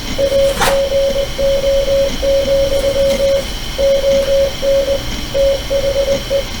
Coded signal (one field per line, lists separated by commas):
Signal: Morse code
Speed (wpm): 20 wpm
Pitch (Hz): 550 Hz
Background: radio noise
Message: AGO, ON THE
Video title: Youth Outreach for Morse Code Exposure -- recorded by Duane Wyatt